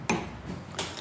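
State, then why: Seated. A scooter's fuel tank cap is pressed down into the filler neck with its arrow pointing toward the front wheel until it locks, so the key can then be removed. A sharp click is heard at 0.1 s as the cap seats shut, followed by a broader hit at about 0.8 s and a faint tick at the end.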